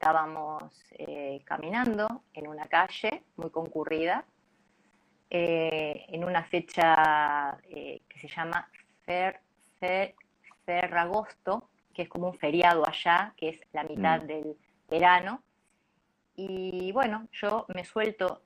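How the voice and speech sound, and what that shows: A woman tells a story in Spanish with a part-word repetition ("fe… fe… Ferragosto"), drawn-out sounds and frequent filled pauses and silent gaps, fitting mild stuttering, which began at three and a half after a fright while traveling in Italy. Her voice is otherwise clear, in a quiet room.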